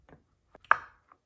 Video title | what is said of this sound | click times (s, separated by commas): N20 Engine Timing + Reassembly - Project 328i Part 4 | You'll feel when it clicks into place. | 0.7 s